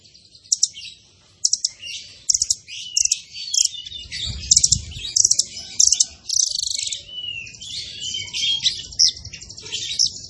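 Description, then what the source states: Zebra finch song, continuous busy high twittering with sharp chips, buzzy trills and quick whistled slurs throughout. Masteran (training) recording of a zebra finch (burung tembakan) described as gacor (singing actively).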